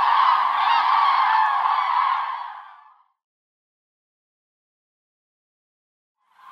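Common crane calling fades out after about three seconds, then silence before another call starts at the end.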